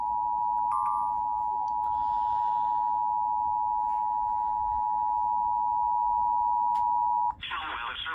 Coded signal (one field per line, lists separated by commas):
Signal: Emergency Alert System (SAME) tones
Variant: 853 and 960 Hz attention tone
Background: speech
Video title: Eas another Frw On Wjon Eas#588